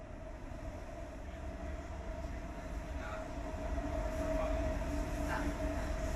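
A steady low rumble of a moving train interior, with a constant tonal hum and faint rhythmic rattling that swells slightly louder toward the end, with no talking.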